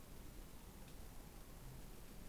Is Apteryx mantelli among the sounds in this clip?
no